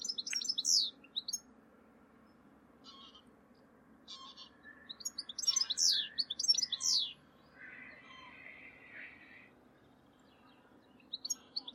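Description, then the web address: Bird calls and chirps, high, sharp descending notes in bursts with gaps, some buzzy lower phrases in the later part, over a steady low hum. "Deverinetal. Bird Only"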